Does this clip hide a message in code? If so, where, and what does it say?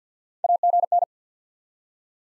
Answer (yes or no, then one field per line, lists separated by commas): yes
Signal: Morse code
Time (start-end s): 0.4-1.0 s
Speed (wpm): 50 wpm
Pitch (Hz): 700 Hz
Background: none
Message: AGN